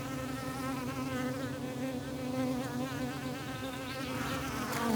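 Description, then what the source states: Bees humming in a dense, steady drone of overlapping wavering buzzes, with wind in the background. Bees recorded in the countryside with wind.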